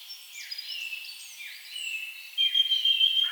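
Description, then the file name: Eurasian blackcap song: varied twittering notes, then a louder, clear whistled phrase in the final second. "Sylvia atricapilla"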